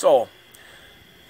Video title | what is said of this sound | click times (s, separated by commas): Ski Doo REV XS Towing Package Install | It's not easy because it's not seated. | none